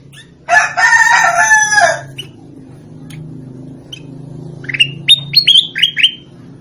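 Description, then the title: Sooty-headed bulbul song of short, bright rising notes in a quick string, heard after a loud, harsh, raspy call lasting over a second; low hum throughout. "Suara Burung Kutilang"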